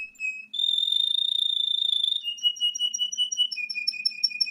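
Cricket trilling: a steady, high, pure-toned pulsed trill that holds one pitch, jumps to a higher pitch, then shifts to slightly lower steady pitches in later stretches, with no other clear sounds.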